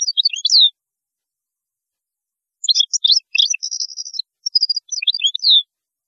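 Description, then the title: European goldfinch song: fast liquid twittering phrases with a buzzy trill in the middle and a down-slurred note ending each burst, separated by a two-second pause. "Chant Chardonneret"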